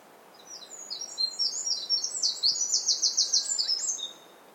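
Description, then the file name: Eurasian wren delivering a burst of high, rattling trilled song between quiet moments. "Troglodytes troglodytes"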